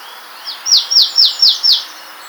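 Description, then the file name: Marsh tit giving a rapid run of five bright, downward-sweeping notes, evenly spaced and fairly loud over a faint hiss. "Poecile palustris"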